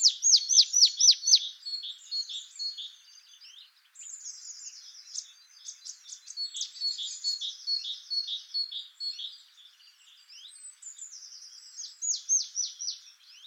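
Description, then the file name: Marsh tit giving a quick run of sharp, downslurred high notes at the start, followed by a long stretch of busy twittering and chattering, with another run of sharp notes near the end. "Poecile palustris"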